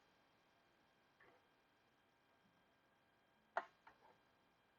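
A plastic fuel line release tool slid over the fuel rail tube is pushed into the quick-connect coupling, spreading the spring lock, and it clicks sharply at 3.6 s. A softer tick follows just after, and there are faint light sounds earlier in the otherwise quiet clip. The spring lock is released, so the fuel line is unlocked and can slide off the fuel rail.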